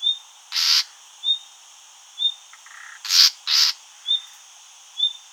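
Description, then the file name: Common nightingale giving repeated clipped whistled notes, broken by several coarse rasping calls, two of them close together. "Luscinia megarhynchos"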